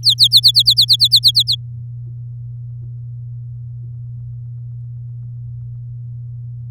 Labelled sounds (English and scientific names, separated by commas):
Domestic Canary (Serinus canaria) song